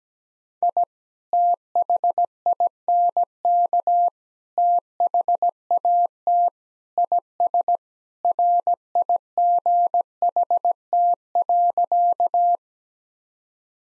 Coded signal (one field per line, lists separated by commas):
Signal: Morse code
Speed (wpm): 17 wpm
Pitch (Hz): 700 Hz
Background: none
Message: I THINK THAT IS RIGHT.